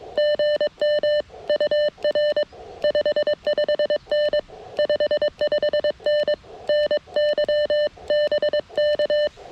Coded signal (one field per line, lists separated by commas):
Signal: Morse code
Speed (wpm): 22 wpm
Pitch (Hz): 600 Hz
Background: none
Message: GM UR 55N 55N NY BK